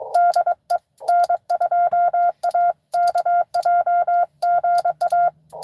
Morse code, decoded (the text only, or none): DE N2AKJ GA